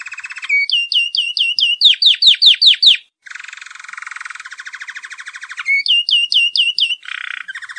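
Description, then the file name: Canary song, a long continuous run of rapid rolling trills and repeated sweeping chirps, changing tempo every second or two, with one brief pause. "kanareika"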